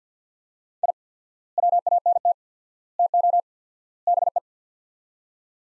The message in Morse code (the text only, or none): I WANT TO BE